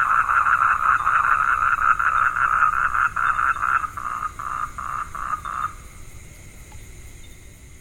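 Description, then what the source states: Frog calling in a steady, fast pulsing trill held on one pitch for about six seconds, then fading out, leaving a low background hiss. Vietnam.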